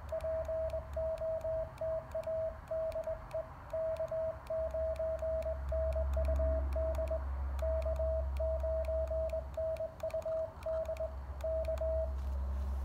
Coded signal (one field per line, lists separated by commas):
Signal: Morse code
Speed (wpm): 20 wpm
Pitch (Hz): 640 Hz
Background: radio noise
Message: POTA DE K9NUD K9NUD K